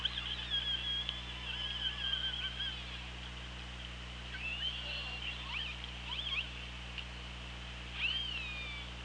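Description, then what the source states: Killer whale calls overlapping in a busy sequence of whistled, sweeping harmonic tones, with a final upward-curving call near the end, above low underwater hum. Recorded on an OrcaLab hydrophone, 24 August 2017, at 17:06.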